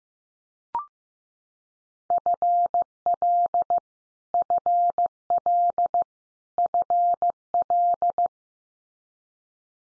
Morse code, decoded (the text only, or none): FL FL FL